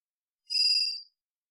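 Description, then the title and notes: Varied thrush song: a single sustained, buzzy, ringing whistled note lasting about half a second, against complete silence. Immature, possibly juvenile bird giving an odd song like warming-up practice; Pacific Northwest, Washington, United States; parabolic microphone, processed for clarity. "Varied Thrush - Immature. Varied Thrush, Ixoreus naevius, song, odd, like warming-up practice, perhaps juvenile. Pacific Northwest, Washington, United States"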